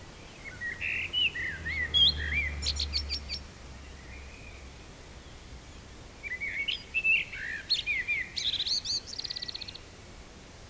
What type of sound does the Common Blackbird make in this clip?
song